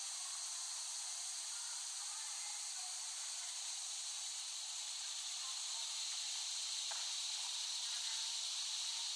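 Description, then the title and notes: Cicadas droning together in an unbroken high hiss, with one brief click partway through. Cicadas recorded in West Brighton, Staten Island, late summer 2008. "The Cicadas of Summer. Recording of cicadas made by Dan Bodah in West Brighton, Staten Island, late summer 2008"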